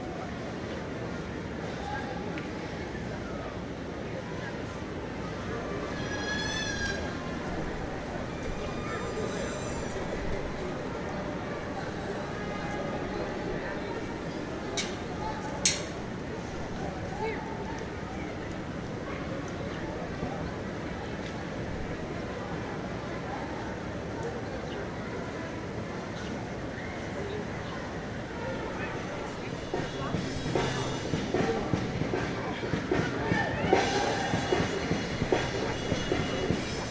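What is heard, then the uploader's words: Washington Square Park in New York City, with a steady murmur of many voices and a low, constant rumble of city traffic throughout. Bird chirps and a few sharp clicks break through around 7 and 15 seconds, and the crowd grows busier after 30 seconds. NYC Washington Square Park Nature and People.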